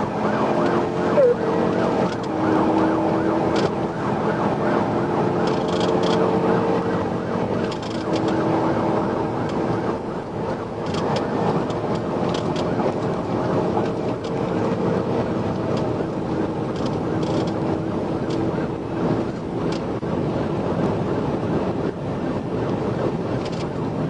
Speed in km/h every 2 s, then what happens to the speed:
122, 132, 140, 147, 151, 158, 164, 171, 177, 182, 185, 188.
0-24 speeds up to 188.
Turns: none.